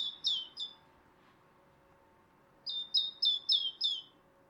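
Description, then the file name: Great tit song, high clear notes in short rapid series, a brief burst then a longer run of five after a pause. "Parus major"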